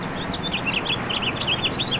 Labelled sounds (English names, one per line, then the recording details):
House Finch song
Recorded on Long Island, New York, on 20 April 2012
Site FP
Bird A